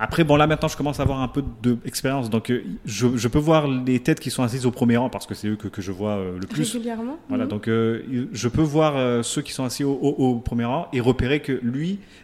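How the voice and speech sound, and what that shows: A man, a comedian from the Comoros who has stuttered since childhood, speaks French conversationally at a moderate pitch with frequent fillers. There are whole-word repetitions ('je je', 'que que', 'au au'), drawn-out vowels, and a brief catch before a word. These fit mild stuttering in an adult who stutters.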